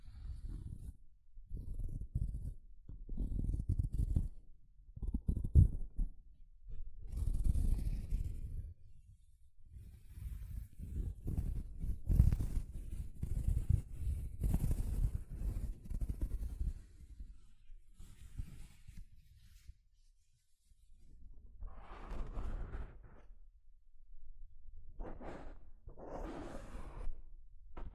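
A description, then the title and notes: Soft fabric brushes over a microphone in repeated low, muffled swipes, dense for twenty seconds, briefly quiet, then resuming with brighter rustling strokes. ASMR Mic Brushing using Soft Fabric (No Talking).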